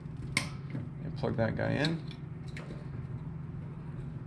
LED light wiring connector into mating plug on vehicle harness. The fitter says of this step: feeds on here clicks into place and